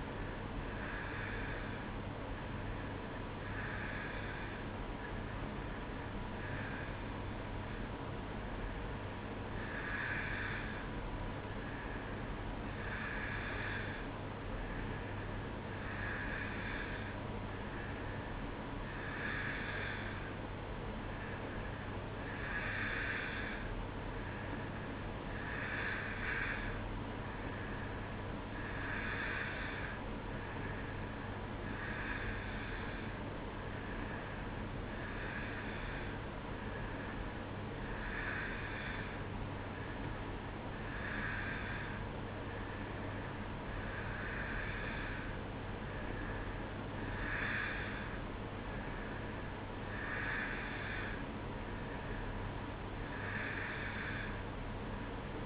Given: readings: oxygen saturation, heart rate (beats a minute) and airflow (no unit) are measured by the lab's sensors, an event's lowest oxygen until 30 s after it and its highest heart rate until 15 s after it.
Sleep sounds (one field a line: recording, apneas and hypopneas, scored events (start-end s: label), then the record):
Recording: breathing in sleep by a voice recorder at the bedside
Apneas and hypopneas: none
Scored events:
none scored
From the record:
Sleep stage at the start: N2 (light sleep)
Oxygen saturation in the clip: 89 to 91%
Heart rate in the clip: 62 to 65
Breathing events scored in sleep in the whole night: 305 in 9.6 hours asleep